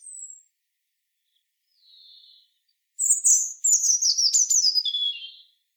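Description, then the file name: European robin song: thin, high drawn-out whistles lead into a rapid, sparkling jumble of descending notes and trills. "Erithacus rubecula"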